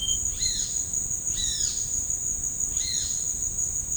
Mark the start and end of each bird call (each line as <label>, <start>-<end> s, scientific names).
Pitangus sulphuratus, 0.00-3.15 s